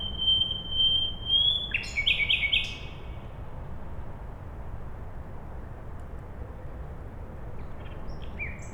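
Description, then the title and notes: Common nightingale giving a long pure whistled note, then a burst of quick rattling notes, with constant low background hum afterwards. Sung at night beside a road in Siemianowice Śląskie, Poland, on 20 May 2019; Zoom H5 recorder with Audio-Technica BP4025 microphone. "Bohaterów Westerplatte, 41-106 Siemianowice Śląskie, Polska. Poniedziałek, 20 maja 2019. Noc. Słowik przy drodze"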